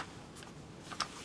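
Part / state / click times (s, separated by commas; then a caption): cordless tool battery pack into hedge trimmer battery slot / not seated / none. A cordless tool battery pack is moved over to a hedge trimmer and slid onto its plastic battery rail, producing quiet rustling handling sounds and a brief sharp tap around 1.0 seconds. Nothing has seated or clicked into place yet.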